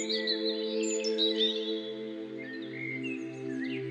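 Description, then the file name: Bird: mixed chirps and whistled notes above a continuous deep hum. Birdsong used as an alarm tone. "halytysaani linnunlaulu"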